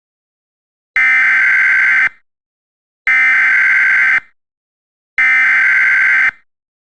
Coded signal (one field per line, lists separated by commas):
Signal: Emergency Alert System (SAME) tones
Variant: header bursts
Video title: EAS Scenario: The Great Detroit Tornado Outbreak